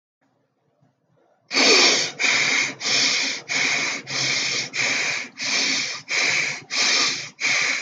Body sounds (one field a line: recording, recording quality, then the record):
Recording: shallow breathing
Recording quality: moderate, slight background noise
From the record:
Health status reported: healthy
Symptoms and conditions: none ticked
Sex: male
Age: 22 years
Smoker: not ticked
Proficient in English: yes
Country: India